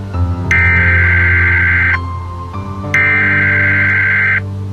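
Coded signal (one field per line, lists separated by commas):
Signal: Emergency Alert System (SAME) tones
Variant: header bursts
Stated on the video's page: Fictional, self-made EAS scenario; a remastered recreation of an earlier simulated alert.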